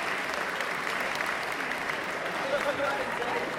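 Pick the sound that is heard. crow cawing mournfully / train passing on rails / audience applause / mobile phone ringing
audience applause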